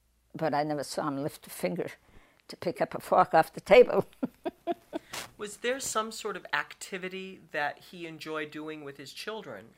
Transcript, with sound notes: But I never saw him lift a finger to pick up a fork off the table. [Laughs]
Was there some sort of activity that he enjoyed doing with his children?